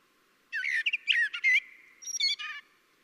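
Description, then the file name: Common blackbird delivering one rich warbling phrase of fluted, gliding notes, ending in a thinner high twitter. "Turdus merula"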